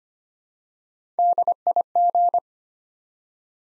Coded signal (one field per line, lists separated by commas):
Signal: Morse code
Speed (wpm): 25 wpm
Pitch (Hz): 700 Hz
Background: none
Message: DIG